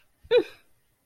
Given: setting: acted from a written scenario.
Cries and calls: vocal sound without words; triumph

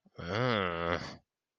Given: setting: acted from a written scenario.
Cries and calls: vocal sound without words; disgust

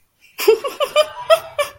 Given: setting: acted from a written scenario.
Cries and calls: vocal sound without words; amusement

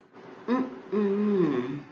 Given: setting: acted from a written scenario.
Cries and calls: vocal sound without words; romantic love

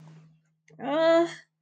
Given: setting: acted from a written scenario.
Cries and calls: vocal sound without words; positive surprise

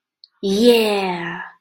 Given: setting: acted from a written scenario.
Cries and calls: vocal sound without words; triumph

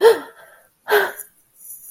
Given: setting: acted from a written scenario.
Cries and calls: vocal sound without words; distress

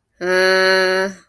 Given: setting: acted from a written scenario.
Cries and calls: vocal sound without words; confusion

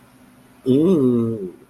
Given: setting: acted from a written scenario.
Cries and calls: vocal sound without words; desire

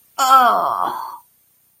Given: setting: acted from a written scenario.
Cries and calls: vocal sound without words; disgust

